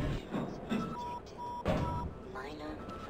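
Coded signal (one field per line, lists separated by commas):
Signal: none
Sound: a game's mechanical beeps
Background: speech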